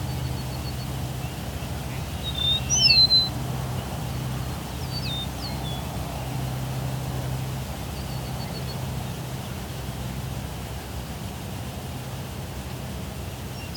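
Evening birdsong at sunset: a few short chirps and tweets come through, with the clearest burst around three seconds and a couple of quick calls near five seconds. Underneath runs a steady low hum and rumble, like engine or traffic drone.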